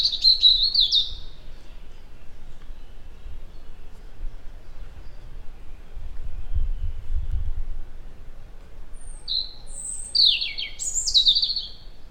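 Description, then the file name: European robin song: a brief high sparkling phrase at the start, then after a long pause more thin, varied, tumbling high trills and glides. "Erithacus rubecula"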